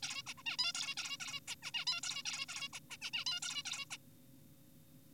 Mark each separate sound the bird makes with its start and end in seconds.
0.03-0.23, 0.27-0.34, 0.38-0.43, 0.46-0.57, 0.59-0.72, 0.75-0.95, 0.97-1.17, 1.20-1.40, 1.48-1.55, 1.63-1.72, 1.74-1.85, 1.87-2.01, 2.03-2.23, 2.25-2.46, 2.49-2.69, 2.73-2.79, 2.91-2.97, 3.02-3.11, 3.13-3.25, 3.27-3.40, 3.42-3.62, 3.65-3.85, 3.91-3.97